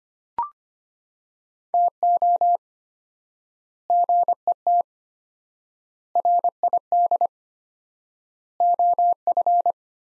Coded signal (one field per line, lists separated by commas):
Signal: Morse code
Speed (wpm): 25 wpm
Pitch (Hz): 700 Hz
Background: none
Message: TO GET RID OF